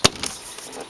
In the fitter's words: go through line each one up with a hole and then you want to hear them snap into place and give it a tug